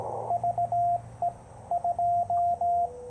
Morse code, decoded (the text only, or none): VE2